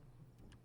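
A click-type torque wrench, working through a 150 mm extension in a hard-to-reach spot by the strut tower brace, torques down a spark plug in the engine cylinder head of an S197 Mustang. Over a steady low hum, a single sharp click is heard at 0.5 s. The wrench has reached its setting and the plug is torqued.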